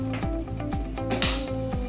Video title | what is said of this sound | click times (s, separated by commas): The Most Comprehensive Shockwave Therapy Machine | once you hear that click you know that it's been put in properly | 1.2 s